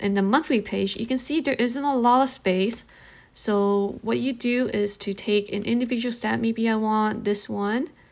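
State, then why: Not seated. A person handles an individual rubber stamp head, picking it out to press onto a plastic stamp handle, while someone talks throughout. Nothing has clicked into place yet; the stamp head is not seated on the handle.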